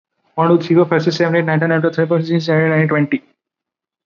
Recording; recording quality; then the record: counting at a fast pace; excellent, no background noise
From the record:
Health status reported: recovered from COVID-19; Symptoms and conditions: none ticked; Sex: male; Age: 25 years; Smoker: not ticked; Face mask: not worn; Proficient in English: yes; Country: India